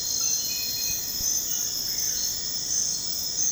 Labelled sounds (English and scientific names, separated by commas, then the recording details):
none
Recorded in dense forest near Puerto Asís, Putumayo, Colombia, on 18 February 2024 at 04:30
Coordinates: 0.472, -76.329
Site G6394